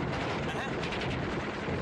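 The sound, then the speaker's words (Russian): Long, rapid bursts of machine-gun fire from the soldier Popryshchenko during an attack by tanks and infantry form a dense, rattling wall of noise with barely a break between shots, loud and continuous throughout. “Поприщенко стреляет длинными очередями.”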